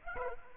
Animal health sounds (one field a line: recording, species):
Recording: mosquito wingbeat signal from an infrared sensor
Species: Aedes aegypti